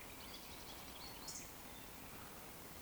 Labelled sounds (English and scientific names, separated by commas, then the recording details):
Eurasian Woodcock (Scolopax rusticola) whistle
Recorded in Baden-Württemberg, Germany, on 11 June 2020 at 19:15 UTC
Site 14569, 102 m above sea level